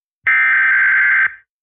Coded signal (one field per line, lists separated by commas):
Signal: Emergency Alert System (SAME) tones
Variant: header bursts